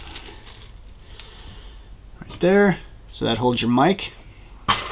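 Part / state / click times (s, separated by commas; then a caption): lavalier microphone into plastic lapel clip / not seated / none. A lavalier microphone is handled against its small plastic lapel clip, with light clicks and taps at about 1.2 s and 2.2 s while someone talks. Nothing has seated or clicked into the clip yet; the mic is not yet home.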